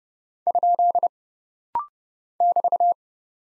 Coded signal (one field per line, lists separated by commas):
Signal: Morse code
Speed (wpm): 30 wpm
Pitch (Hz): 700 Hz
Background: none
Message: ? <BT>